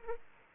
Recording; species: mosquito wingbeat signal from an infrared sensor; Aedes aegypti